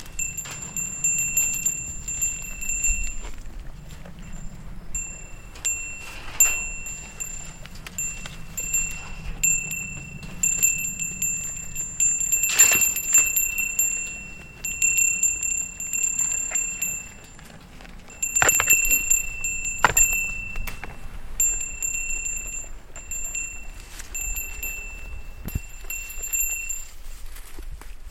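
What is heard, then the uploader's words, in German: Goats at the edge of a meadow, their bells ringing in steady, high tinkling tones almost throughout. Sharper knocks and clanks stand out around 12, 18 and 20 seconds. A low, soft rumble sits underneath for the first half, then fades. Ziegen, Wiese in Unterwössen (Chiemgau). Am Rand einer Wiese in Unterwössen (Chiemgau/Oberbayern).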